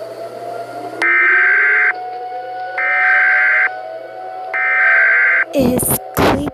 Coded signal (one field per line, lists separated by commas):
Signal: Emergency Alert System (SAME) tones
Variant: header bursts